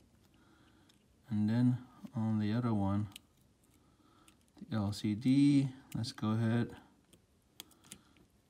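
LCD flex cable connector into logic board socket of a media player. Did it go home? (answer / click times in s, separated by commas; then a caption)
yes / 7.6 s. The LCD flex cable connector of an iPod nano 6th generation media player, being fitted during a cracked screen repair, is pushed into its logic board socket. Someone talks, then after a few faint ticks a sharp click at 7.6 s marks the connector seating.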